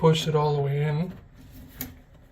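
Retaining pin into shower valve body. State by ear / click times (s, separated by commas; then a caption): seated / 1.8 s. Someone talks, then the metal retaining clip that holds a Moen 1222 shower cartridge, being replaced to fix a dripping shower or temperature problem, is pushed all the way into the shower valve body. A single sharp hit at 1.8 s marks the pin seating in place.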